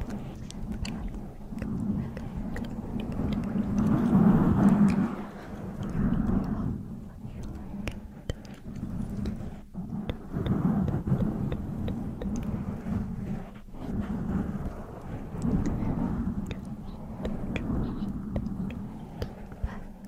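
Mic scratching makes a steady low rubbing rumble that swells loudest around the fourth and fifth seconds, then rises and falls in slow waves. Sharp tongue clicks pop through it often and irregularly, and the rumble cuts out briefly near ten and fourteen seconds.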